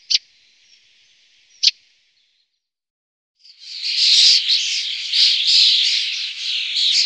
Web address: Faglar Sound Stare